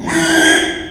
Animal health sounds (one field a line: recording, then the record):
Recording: squeal of a Yucatan mini pig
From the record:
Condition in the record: after surgery on the right vocal fold (resection and tissue-engineered implant)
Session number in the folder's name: 3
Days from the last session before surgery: 33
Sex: male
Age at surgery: 12 weeks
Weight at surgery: 13 kg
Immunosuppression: cyclosporine, prednisolone